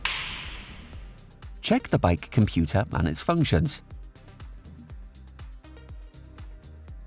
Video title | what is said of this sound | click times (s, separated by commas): Urban Arrow Cargo L & XL Assembly Video - 2022 to present – EN | when installing the battery you must hear a click to be sure that it is properly secured | 0.0 s